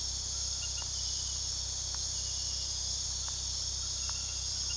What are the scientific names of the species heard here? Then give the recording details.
none. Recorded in pastures near Puerto Asís, Putumayo, Colombia, on 20 February 2024 at 03:00. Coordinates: 0.486, -76.323. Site G6462